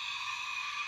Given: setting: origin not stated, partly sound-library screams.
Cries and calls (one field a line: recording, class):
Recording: one-second piece from a danger detection set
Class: woman in danger